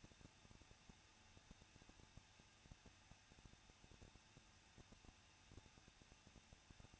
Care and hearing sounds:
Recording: daily activity, microphone in the room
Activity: no activity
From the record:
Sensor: 2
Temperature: 21.0 degrees Celsius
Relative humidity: 37.4%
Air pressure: 1006.2 hPa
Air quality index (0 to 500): 222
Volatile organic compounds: 24 ppm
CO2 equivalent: 2820 ppm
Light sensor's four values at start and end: 2/3/2/2 and 2/3/2/2

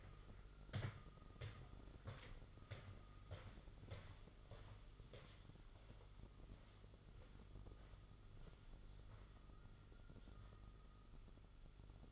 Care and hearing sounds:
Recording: daily activity, microphone in the room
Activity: walk to room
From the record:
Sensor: 4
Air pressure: 1009.0 hPa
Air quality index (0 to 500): 140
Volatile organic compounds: 2 ppm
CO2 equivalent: 1012 ppm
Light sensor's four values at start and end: 12/28/11/11 and 14/31/12/12

